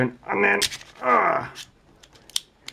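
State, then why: Seated. Someone talks briefly, then the folding metal implements of a Gerber Recoil multitool are pushed back into the handle, giving a short series of sharp metallic clicks. The main click comes at 2.4 s, and the implements are seated back in the handle.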